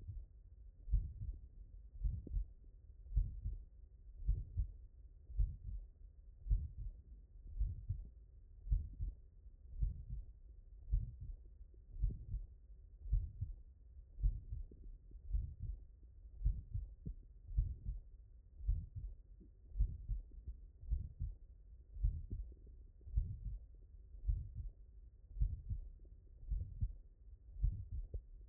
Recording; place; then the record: heart sounds by stethoscope; mitral valve (MV)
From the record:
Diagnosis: non-HFrEF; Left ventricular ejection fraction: 63%